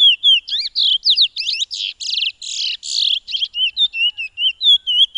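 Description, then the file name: Piolet singing: wavy whistled notes broken by a stretch of rasping, buzzy phrases, then more rapid repeated whistles. "suara burung piolet omkicau"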